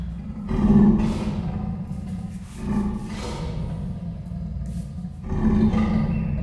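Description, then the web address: Persian leopard producing three loud, deep rasping roars spaced a couple of seconds apart, each a harsh low throaty burst. Captive animal at a zoo in Miskolc, recorded in 2018 with a professional microphone. "perzsa leopard amikrofonesanostenykettose holgyekerkeznek miskolczoo"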